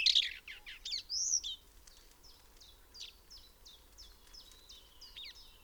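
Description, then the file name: Common whitethroat song: a brief, loud, scratchy warble at the start, followed by a series of thinner, fainter high notes. "Grasmus Sylvia communis"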